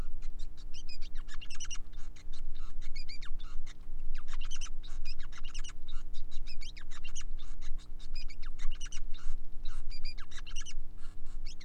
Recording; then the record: song of a male Bengalese finch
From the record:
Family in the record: son of father 5